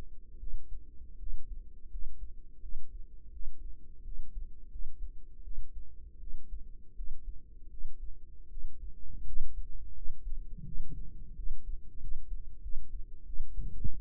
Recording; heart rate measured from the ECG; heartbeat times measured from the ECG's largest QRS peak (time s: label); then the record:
heart sounds by microphone in the right ear; 84 bpm
0.38 s: heartbeat
1.18 s: heartbeat
1.89 s: heartbeat
2.61 s: heartbeat
3.31 s: heartbeat
4.03 s: heartbeat
4.69 s: heartbeat
5.42 s: heartbeat
6.18 s: heartbeat
6.95 s: heartbeat
7.69 s: heartbeat
8.49 s: heartbeat
9.24 s: heartbeat
9.93 s: heartbeat
10.64 s: heartbeat
11.34 s: heartbeat
11.99 s: heartbeat
12.61 s: heartbeat
13.25 s: heartbeat
13.92 s: heartbeat
From the record:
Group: healthy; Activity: rest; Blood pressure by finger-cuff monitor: 87/60 mmHg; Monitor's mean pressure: 69 mmHg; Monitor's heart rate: 84 bpm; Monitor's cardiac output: 6.5 L/min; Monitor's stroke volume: 78 mL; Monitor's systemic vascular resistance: 750 dyn s/cm5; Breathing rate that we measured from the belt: 24 breaths a minute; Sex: female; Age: 19 years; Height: 163 cm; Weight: 48.9 kg